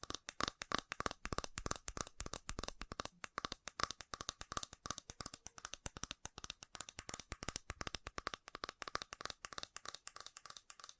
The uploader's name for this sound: ASMR Fast Tapping